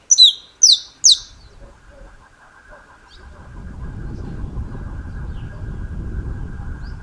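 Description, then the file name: Saffron finch song: three loud, high, downslurred chirps at the start, followed by a faint hum and low rumbling noise. "Canto-do-Canário-da-Terra"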